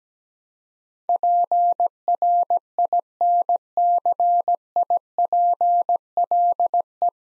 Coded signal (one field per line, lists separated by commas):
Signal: Morse code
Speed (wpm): 17 wpm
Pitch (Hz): 700 Hz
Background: none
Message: PRINCIPLE